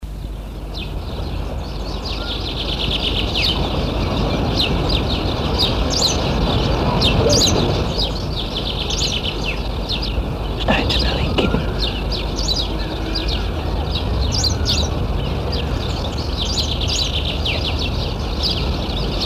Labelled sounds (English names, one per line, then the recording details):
Rock Sparrow call
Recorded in the wild
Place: Kiten, Burgas, BG
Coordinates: 42.2333, 27.7667
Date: 1968-06-04
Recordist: Stiefel, Arnd